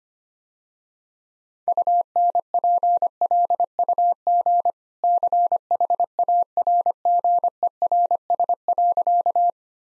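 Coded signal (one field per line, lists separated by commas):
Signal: Morse code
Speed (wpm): 25 wpm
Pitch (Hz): 700 Hz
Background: none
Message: UNPLUG CHARGERS.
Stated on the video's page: Morse code practice sentences at 25 wpm with contextual hints, a copying drill.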